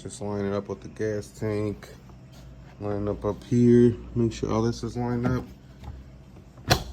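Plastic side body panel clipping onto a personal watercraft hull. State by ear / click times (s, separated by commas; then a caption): seated / 6.7 s. Someone talks while lining up the plastic side body panel of a Sea-Doo GTI SE 170 personal watercraft with the gas tank and pushing it home onto the hull during reassembly after fixing loose speakers. A sharp click is heard at 6.7 s as the panel seats into place.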